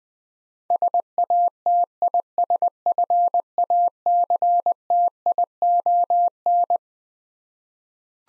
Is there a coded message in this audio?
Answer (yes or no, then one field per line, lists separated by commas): yes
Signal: Morse code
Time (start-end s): 0.7-6.8 s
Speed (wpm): 21 wpm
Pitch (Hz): 700 Hz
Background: none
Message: SATISFACTION